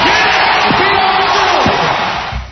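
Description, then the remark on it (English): A loud concert crowd roars and cheers for the next band in a dense, continuous wash of noise, with a few rising whoops cutting through before the din starts to fade at the end. “now I want to give a big round of applause to the next band.”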